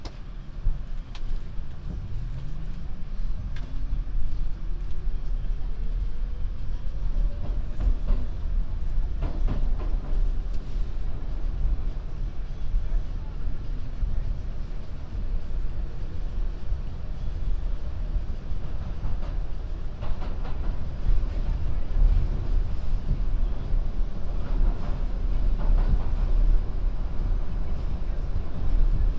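A binaural recording on an MTA ride: a heavy, steady low rumble of a moving train fills the whole stretch. A rising whine climbs during the first eight seconds, and brief clicks and rattles recur throughout, with faint voices underneath.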